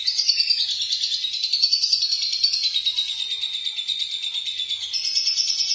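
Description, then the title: Lovebird song: continuous fast buzzy chattering, high-pitched and wavering, rising again near the end. "Suara Burung Lovebird"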